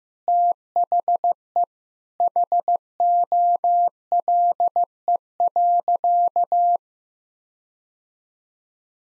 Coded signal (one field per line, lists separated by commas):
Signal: Morse code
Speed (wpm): 15 wpm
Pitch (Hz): 700 Hz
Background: none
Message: THE HOLE.